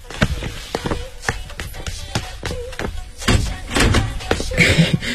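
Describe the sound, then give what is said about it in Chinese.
A door is opened with a run of sharp clicks and knocking thumps from the latch and handle, followed by a busier stretch of rattling and shuffling movement toward the end. “我就知道你会开门的。”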